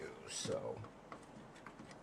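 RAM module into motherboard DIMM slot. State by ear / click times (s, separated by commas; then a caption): seated / 1.1 s, 1.7 s. A DDR2 memory stick is pushed into a motherboard DIMM slot while someone talks. Two sharp clicks sound at 1.1 and 1.7 seconds as the retaining clips snap shut. The module is seated.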